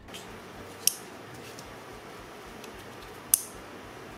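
Metal sliding bars on an aluminum money clip are slid out to their extended position, giving two sharp, bright clicks at 0.9 s and 3.3 s over a quiet background. Each bar clicks into place in its extended position.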